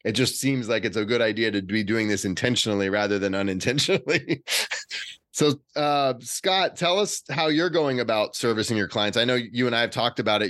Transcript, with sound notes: it just seems like it's a good idea to be doing this intentionally rather than unintentionally. [laughs] Scott, tell us how you're going about servicing your clients. I know you and I have talked about it.